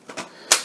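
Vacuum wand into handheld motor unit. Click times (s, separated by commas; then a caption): 0.5 s. The wand tube of a Shark ION P50 cordless vacuum is pushed back into the handheld motor unit. A couple of soft sliding knocks come first, then a sharp, bright click at 0.5 s as the wand clicks into place and is seated.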